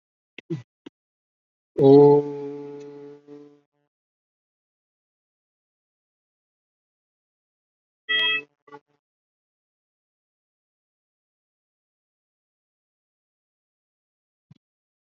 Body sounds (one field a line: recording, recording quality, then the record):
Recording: sustained vowel as in boot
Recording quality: moderate, slight background noise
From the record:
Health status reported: COVID-19 positive, no symptoms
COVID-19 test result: positive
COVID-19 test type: RT-PCR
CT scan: not taken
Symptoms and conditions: muscle pain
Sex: male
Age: 28 years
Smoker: no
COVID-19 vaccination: both doses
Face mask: not worn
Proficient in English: no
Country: India